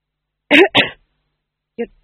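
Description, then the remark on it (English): A voice imitates a tax gatherer coughing again: two quick, raspy throat bursts back to back, followed after a pause by one shorter, softer cough. “The tax gatherer coughed again.”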